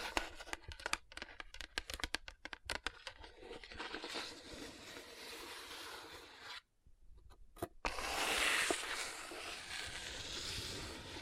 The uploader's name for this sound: Tapping & Rubbing Rhinestone Covered Palms